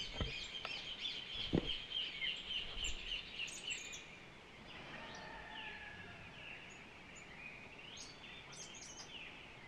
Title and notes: Amanecer en el Rincón de Paiva (Centurión, Cerro Largo). Hornero, 00: 05" 1/10/2023